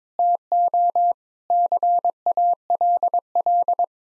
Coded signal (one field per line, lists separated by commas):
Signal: Morse code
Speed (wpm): 22 wpm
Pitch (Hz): 700 Hz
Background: none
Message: TO CALL